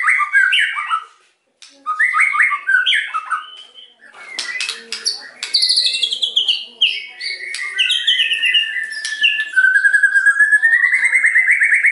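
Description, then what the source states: White-rumped shama song of tumbling warbled phrases, sharp clicks and long rising whistled trills that grow steady toward the end. Lure recording (pancingan) meant to provoke a response from other birds; the bird is described as singing actively (gacor).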